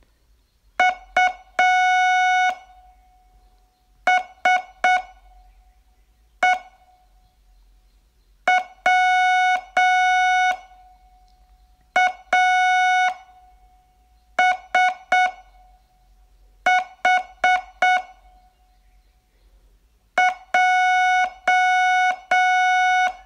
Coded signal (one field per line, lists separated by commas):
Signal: Morse code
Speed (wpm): 6 wpm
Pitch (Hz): 730 Hz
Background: none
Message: U S E W A S H J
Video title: Learn Morse in 42 Days from VU2LAU - day14